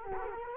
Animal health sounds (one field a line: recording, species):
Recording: mosquito wingbeat signal from an infrared sensor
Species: Culex quinquefasciatus